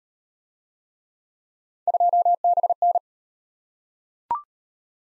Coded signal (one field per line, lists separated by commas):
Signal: Morse code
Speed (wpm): 32 wpm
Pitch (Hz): 700 Hz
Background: none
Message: 2BN